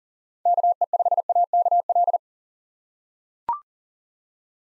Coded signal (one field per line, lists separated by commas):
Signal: Morse code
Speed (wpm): 40 wpm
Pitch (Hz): 700 Hz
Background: none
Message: KE5AKL